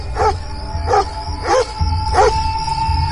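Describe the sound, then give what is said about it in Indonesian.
A stray dog, turning in circles, curling up and standing again, lets out four short, evenly spaced yelping barks with a whiny, high-pitched edge, over a low steady rumble of background noise. “Dia seperti bolak-balik berputar-putar dan meringkuk lalu berdiri lagi sambil sesekali menggonggong dan mengeluarkan suara-suara aneh.”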